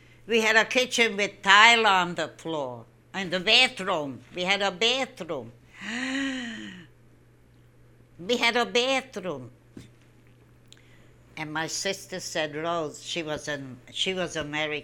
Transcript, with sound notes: We had a kitchen with tile on the floor. And the bathroom, we had a bathroom! (She gasps.) We had a bathroom! And my sister said, Rose, she was American.